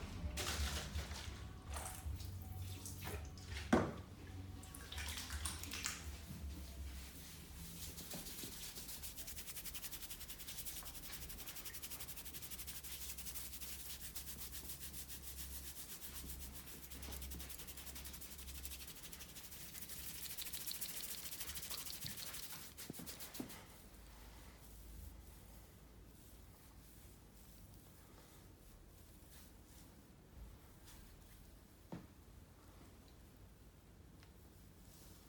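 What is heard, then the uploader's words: Sounds from a men's barbershop shave and massage: soft rubbing and splashy, hissing strokes build into a dense, steady wash from about 8 to 23 seconds over a low hum. After that it turns quieter, with a few sharp taps and clicks. Men's shave & Turkish massage. Beard cut, sheet washing and magic massage.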